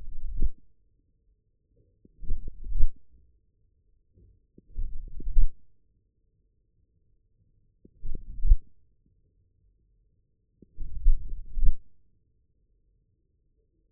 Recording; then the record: forearm muscle sounds (acoustic myography)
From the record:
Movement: forearm pronation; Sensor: system 1, eight BSWA MPA416 microphones around the upper forearm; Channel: 5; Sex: male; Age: 41 years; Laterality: right